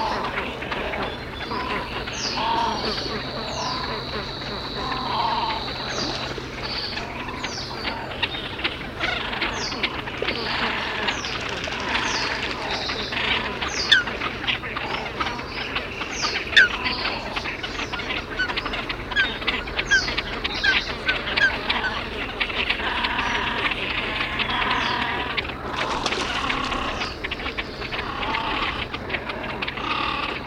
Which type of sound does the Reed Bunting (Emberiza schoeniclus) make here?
call